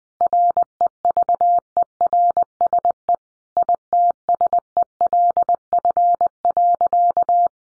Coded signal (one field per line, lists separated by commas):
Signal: Morse code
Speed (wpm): 20 wpm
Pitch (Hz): 700 Hz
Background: none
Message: REVERSE ITSELF.